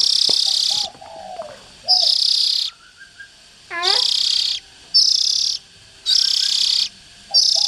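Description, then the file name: Oriental magpie-robin giving harsh, hissing rasps of up to a second, repeated irregularly, with soft whistled notes and a quick falling chirp between them. Young birds. "Tieng chim chich choe than non"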